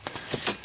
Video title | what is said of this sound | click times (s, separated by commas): Clam Nanook Review | snaps into place it | 0.5 s